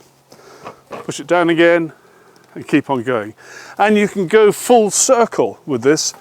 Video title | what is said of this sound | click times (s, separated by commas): Roma Cantilever Parasol - Overview | And whenever it's in the right place, you just let go of the foot pedal and it locks in place, and that's it. | 0.3 s, 0.7 s